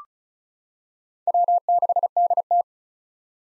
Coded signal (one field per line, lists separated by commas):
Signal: Morse code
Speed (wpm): 34 wpm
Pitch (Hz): 700 Hz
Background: none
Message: W6DT